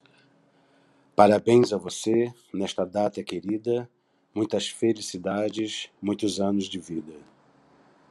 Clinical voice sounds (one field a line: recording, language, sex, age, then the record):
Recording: short text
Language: Brazilian Portuguese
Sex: male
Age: 50 to 59 years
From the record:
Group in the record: control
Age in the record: 56 years